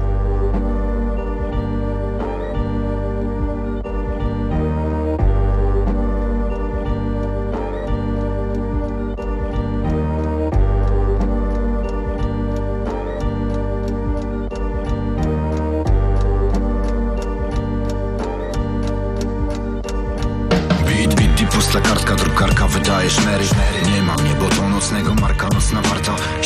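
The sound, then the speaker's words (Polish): A new song recording plays on Polish Radio Trójka (Program Trzeci), opening with a steady ticking, clock-like beat over sustained tonal chords, then bursting into a fuller, louder and brighter arrangement near the end. “W upominku muzycznym nowe nagranie w trójce”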